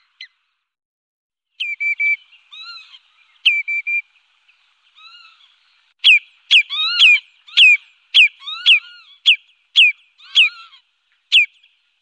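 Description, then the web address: Redshank calling with scattered whistles and rough notes at first, then a fast, excited series of sharp, ringing notes with yelping overtones. "Faglar Sound Rodbena"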